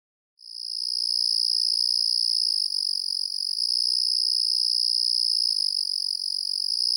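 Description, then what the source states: Crickets trilling in a steady, unbroken high-pitched pulsing drone with a fainter higher overtone, starting after a brief silence and holding level throughout. Crickets calling on a night in the countryside.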